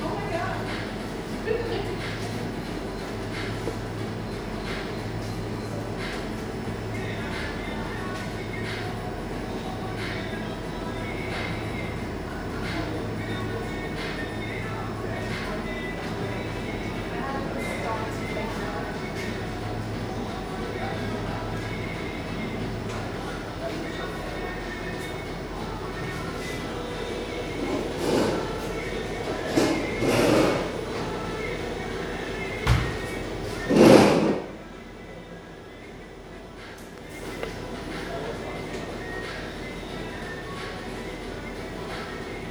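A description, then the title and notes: A coffee shop on a rainy evening, with a steady murmur of voices and a low pulsing hum through the first twenty seconds. Soft clinks and clatters recur, and around thirty-four seconds a sharp, loud crash stands out before the room settles again. Captured in a coffee shop on a dark evening, rain is falling outside.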